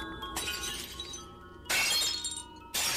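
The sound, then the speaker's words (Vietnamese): Cups and glasses knocked off a tea table smash onto a hard floor in three bright, crashing bursts, each followed by a ringing scatter of tinkling shards that fades before the next impact. “Nó đụng vào cái bàn uống nước, khiến cho cốc chén rơi xuống đất vỡ loảng xoảng.”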